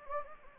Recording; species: mosquito wingbeat signal from an infrared sensor; Anopheles gambiae